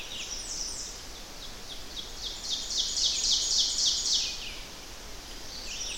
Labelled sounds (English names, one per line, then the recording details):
Ovenbird song
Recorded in boreal forest in Alberta, Canada, on 10 June 2016 at 06:54
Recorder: SongMeter 3, array SBT-3-39
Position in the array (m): 198 m, 75 m
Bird 17